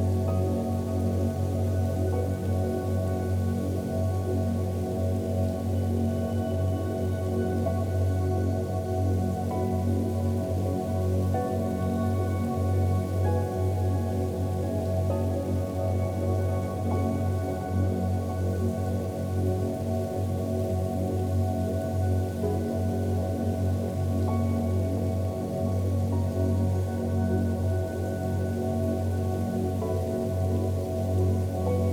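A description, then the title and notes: Soft rain hisses faintly behind a deep, sustained drone of layered low tones that hum and shimmer steadily throughout. The sound stays even and unbroken for the whole stretch, with no sudden events, just slow swells within the held notes. Soft Rain and Deep Tones.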